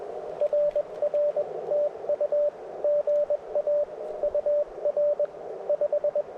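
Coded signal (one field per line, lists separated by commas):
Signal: Morse code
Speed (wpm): 19 wpm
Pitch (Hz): 600 Hz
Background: radio noise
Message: RR TU GA UR 5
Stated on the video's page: POTA activation making CW contacts on 17 meters with a magmount vertical and Elecraft K2.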